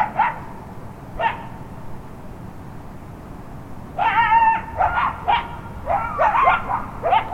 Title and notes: Midnight Coyotes. coyotes roam the Hollywood hills on a cool April midnight